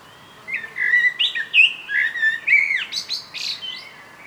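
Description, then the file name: Common blackbird song: flowing fluty whistles dipping and rising, ending in high scratchy twittering notes. "Turdus merula"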